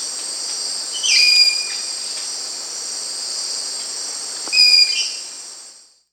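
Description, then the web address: Black-capped parakeet with two harsh, grating call bursts a few seconds apart, set against a continuous shrill insect drone that fades at the end. South America. "Natures Songs S America Black-capped Parakeet"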